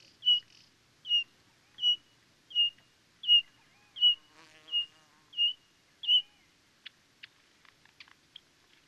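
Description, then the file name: Pririt batis giving nine high, clear whistles at an even pace, each dropping slightly in pitch, followed by a few faint clicks and ticks. "Golosa ptic - Skromnyj batis Batis pririt"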